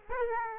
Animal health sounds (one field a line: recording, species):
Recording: mosquito wingbeat signal from an infrared sensor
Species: Aedes aegypti